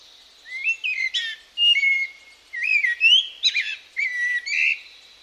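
Bird calling in short whistled phrases, each a rising slur into a steady whistle, given in bursts roughly every second.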